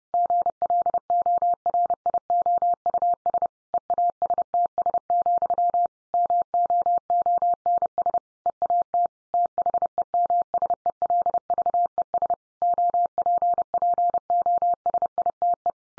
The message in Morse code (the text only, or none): GLORIOUS EASTS, MOONS EAT THEMSELVES OPPOSITE